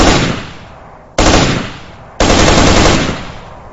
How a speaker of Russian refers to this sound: Пустил 3 короткие очереди из автомата. Но дистанция была большой, а противник бежал зигзагами. Промахнулся.